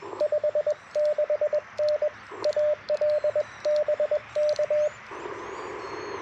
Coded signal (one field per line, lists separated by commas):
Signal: Morse code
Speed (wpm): 21 wpm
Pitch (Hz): 600 Hz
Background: radio noise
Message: 56N AL BK